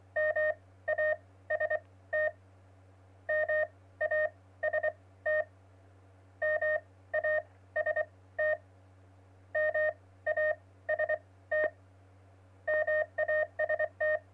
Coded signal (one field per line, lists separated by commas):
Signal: Morse code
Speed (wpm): 24 wpm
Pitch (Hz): 620 Hz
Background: none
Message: MAST MAST MAST MAST MAST